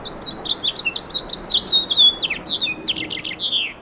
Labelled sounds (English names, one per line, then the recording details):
House Finch song
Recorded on Long Island, New York, on 17 May 2012
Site AB
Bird B